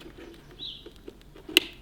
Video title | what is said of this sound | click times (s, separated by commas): Fitting Union Flag Lights to my Mini Roadster - Black or Red ?! [CarVid19 Daily VLOG] | you go and it's got a little click to say it's there | 1.6 s